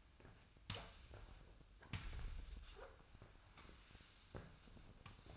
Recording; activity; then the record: daily activity, microphone in the room; sweep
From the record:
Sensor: 2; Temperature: 24.0 degrees Celsius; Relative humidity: 35.5%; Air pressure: 1004.6 hPa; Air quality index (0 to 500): 91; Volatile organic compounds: 2 ppm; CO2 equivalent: 1097 ppm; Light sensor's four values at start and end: 6/15/6/6 and 6/14/6/6